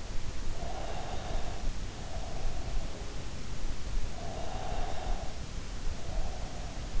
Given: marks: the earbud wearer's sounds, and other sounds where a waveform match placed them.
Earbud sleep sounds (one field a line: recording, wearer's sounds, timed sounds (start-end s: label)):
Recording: sounds in sleep by an in-ear microphone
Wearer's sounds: breath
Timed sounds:
0.47-3.04 s: breath
4.18-6.47 s: breath